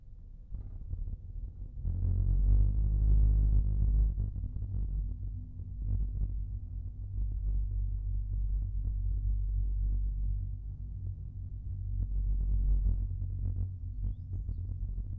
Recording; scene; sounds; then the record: everyday scene through a hearing-aid microphone; in a vehicle; engine, rumble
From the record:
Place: Skoda Fabia, gasoline engine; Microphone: behind the ear, right, front